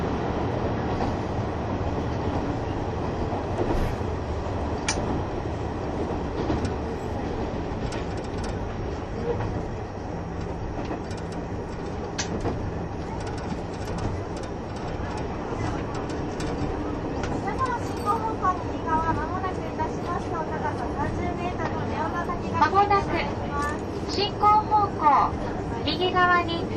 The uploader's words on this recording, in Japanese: キハ71系 ゆふいんの森03号02 日田～由布院。走行音(音の旅)。